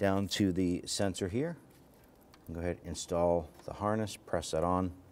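On a 2008-2013 Infiniti G37 3.7L V6, an engine wiring harness connector is being brought to the intake sensor near the throttle body to be pressed on while someone talks, with a faint tick in a quiet pause around 2.3 s. Nothing has seated or clicked yet.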